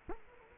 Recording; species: mosquito wingbeat signal from an infrared sensor; Culex quinquefasciatus